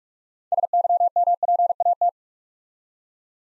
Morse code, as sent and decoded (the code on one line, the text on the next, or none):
... -.-- -- .--. .- -
SYMPAT